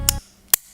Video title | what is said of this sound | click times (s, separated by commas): How to Zero Gap our FF2020T Trimmer Blades by @Squeakprobarber | once it's snapped in place we're good to go | 0.1 s, 0.5 s